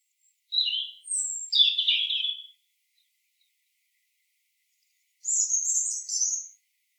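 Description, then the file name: European robin song: two short, high, varied twittering phrases, the first mixing quick warbled and trilled notes, then a pause of nearly three seconds before a thin, very high trill. "Erithacus rubecula"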